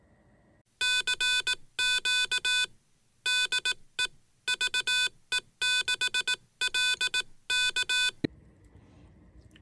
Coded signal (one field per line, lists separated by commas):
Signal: Morse code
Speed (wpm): 18 wpm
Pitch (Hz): 2500 Hz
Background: none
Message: CQ DE VE6LK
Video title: Do this or Hamshack Hotline won't work soon - 2024.05.29 update